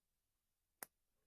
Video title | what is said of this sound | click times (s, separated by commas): Midweek with a Maker: Sheath | You can hear that little click. | 0.8 s